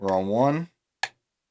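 Someone talks briefly, then a pin set on pin one of a lock cylinder's pin stack is worked with a short hook. At 1.0 s the pin sets with a single loud, sharp click, putting the lock back into a false set.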